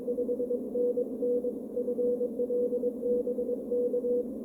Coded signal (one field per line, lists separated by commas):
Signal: Morse code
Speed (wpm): 23 wpm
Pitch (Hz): 480 Hz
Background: none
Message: 5NN FL BK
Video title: KD1JV Tri-Band CW Transceiver Kit